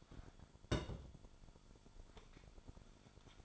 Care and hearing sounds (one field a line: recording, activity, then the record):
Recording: daily activity, microphone in the room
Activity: place on stove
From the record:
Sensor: 5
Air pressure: 1008.2 hPa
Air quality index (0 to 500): 124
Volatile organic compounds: 1 ppm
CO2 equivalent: 951 ppm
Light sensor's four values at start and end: 27/60/25/25 and 29/64/26/26